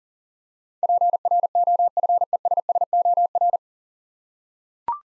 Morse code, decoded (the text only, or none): PROFESSOR